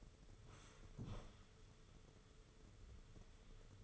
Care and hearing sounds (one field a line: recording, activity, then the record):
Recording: daily activity, microphone in the room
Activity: sit down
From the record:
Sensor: 4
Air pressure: 995.3 hPa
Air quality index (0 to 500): 216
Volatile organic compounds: 258 ppm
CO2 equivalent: 4383 ppm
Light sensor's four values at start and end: 13/32/12/14 and 13/33/12/14